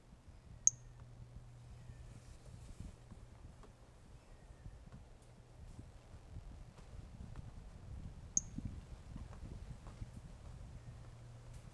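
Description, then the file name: Brachycephalus mirissimus making two isolated, thin high peeps roughly eight seconds apart, with a low steady hum underneath. Recorded 18 January 2018; individual 05; the two initial notes of the call are missing; specimen not collected. "Brachycephalus mirissimus 18 jan 2018 individual 05 ex 05 two initial notes missing L F Ribeiro not collected"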